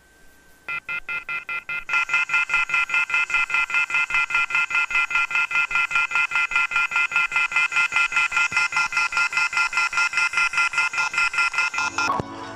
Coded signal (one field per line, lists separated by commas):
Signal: telephone call progress tone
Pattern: off-hook warning tone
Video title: Emergency Alert System #Eyycheev #error